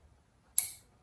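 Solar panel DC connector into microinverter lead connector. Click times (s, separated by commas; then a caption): 0.6 s. A solar panel's DC lead connector is pushed fully into a microinverter's mating connector. After a near-silent lead-in, a single sharp, bright click sounds at 0.6 s and trails off over about a quarter second, showing the connector has seated.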